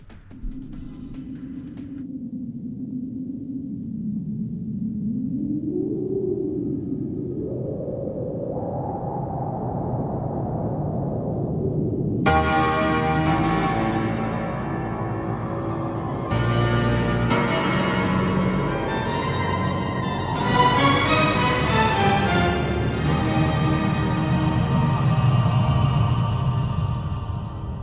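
Instrumental intro of a French pop song: a low droning swell that slowly rises for several seconds, then a full, loud arrangement with bright chiming tones bursts in. No voices.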